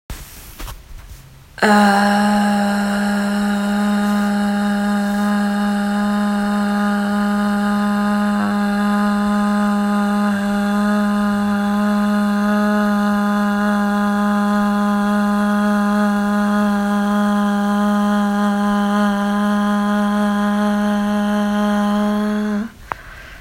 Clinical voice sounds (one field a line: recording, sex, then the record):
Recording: sustained vowel /a/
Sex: female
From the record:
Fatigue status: no fatigue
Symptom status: symptomatic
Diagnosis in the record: COVID-19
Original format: m4a